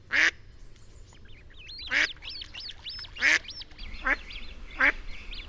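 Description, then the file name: Mallard giving five loud, nasal quacks at uneven intervals, while other birds chatter in fast, high chirps throughout. "Canard colvert"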